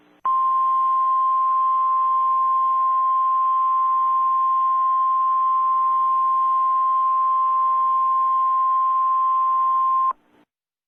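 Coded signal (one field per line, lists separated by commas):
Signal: Emergency Alert System (SAME) tones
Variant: 1050 Hz attention tone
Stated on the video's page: Fictional EAS scenario for entertainment, not for broadcast; the tones may be valid and able to activate EAS equipment.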